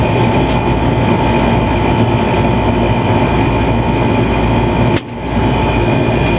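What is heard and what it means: A refrigerant gauge hose's quick coupler is unsnapped from an air conditioner's metal service port against a steady, loud machinery hum. A sharp pop at 5.0 s marks the coupler releasing, followed by a brief dip in the background noise before the hum returns.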